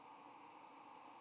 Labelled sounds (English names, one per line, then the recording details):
White-throated Sparrow flight call
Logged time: 06:54 on 8 November 2014